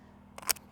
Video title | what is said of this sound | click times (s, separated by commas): The Most Common Malfunction in EVERY Gun | pretty decently and it's still not seating so what I do to prevent this is I always Barney | none